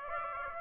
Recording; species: mosquito wingbeat signal from an infrared sensor; Aedes aegypti